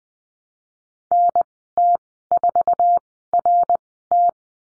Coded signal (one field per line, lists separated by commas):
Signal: Morse code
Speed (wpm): 20 wpm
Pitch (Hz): 700 Hz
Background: none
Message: NT4RT